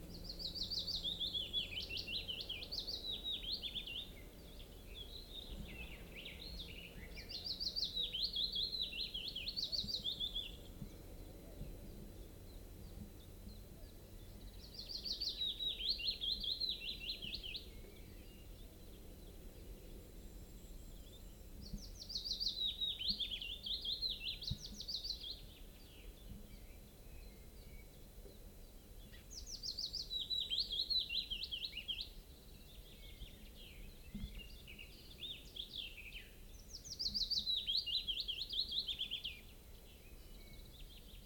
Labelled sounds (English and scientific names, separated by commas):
Willow Warbler (Phylloscopus trochilus)